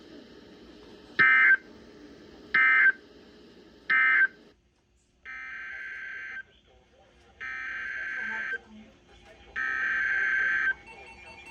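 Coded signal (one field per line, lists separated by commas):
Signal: Emergency Alert System (SAME) tones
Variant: header bursts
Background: speech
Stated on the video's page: SAME alerts received from NOAA Weather Radio stations in Columbus and Chillicothe, Ohio; two alerts back to back.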